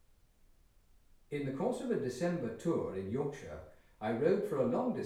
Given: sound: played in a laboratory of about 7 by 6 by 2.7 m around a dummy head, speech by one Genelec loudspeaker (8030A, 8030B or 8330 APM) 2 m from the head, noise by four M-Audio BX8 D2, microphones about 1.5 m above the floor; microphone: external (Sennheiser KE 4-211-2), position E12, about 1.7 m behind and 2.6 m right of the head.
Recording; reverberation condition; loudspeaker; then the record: male speech in English; medium; 60 degrees to the left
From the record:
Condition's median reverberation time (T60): about 510 ms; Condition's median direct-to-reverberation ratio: about -0.5 dB